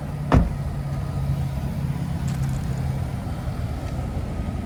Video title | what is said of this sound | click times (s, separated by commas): 2021 Nissan Rogue Sport SV POV Test Drive & Review | And then you just pull it up and it snaps back into place to lock it. | 0.3 s